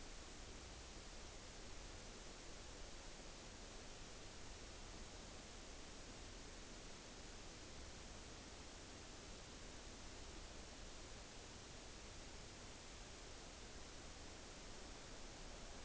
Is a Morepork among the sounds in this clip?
no